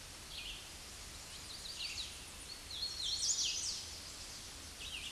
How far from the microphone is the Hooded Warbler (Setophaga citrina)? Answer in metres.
about 25 m